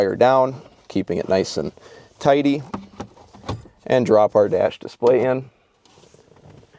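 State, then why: Not seated. Someone talks while a 9.26" ATO dash display screen assembly from a kit for a 2020-2024 Ford PIU is dropped into its opening in the dashboard and lined up, ready to be tapped home. Soft placement contact hits land around 3.0, 3.5, 5.9 and 6.4 seconds, the last two faint after the talking stops. Nothing has seated or clicked yet.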